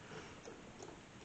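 A large steel circlip, with no washers, is being fitted onto a transmission shaft in the bottom end of a KZ400 motorcycle engine. Low handling noise and faint scraping are heard, with a small bump near 0.8 s. Nothing has seated or clicked yet, and the circlip has not snapped into its groove.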